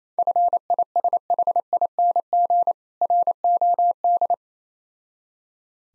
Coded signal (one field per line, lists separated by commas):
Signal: Morse code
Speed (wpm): 27 wpm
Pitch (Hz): 700 Hz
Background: none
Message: FISHING ROD